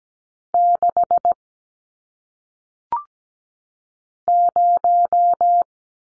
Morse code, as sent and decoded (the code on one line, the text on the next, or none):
-.... / -----
6 0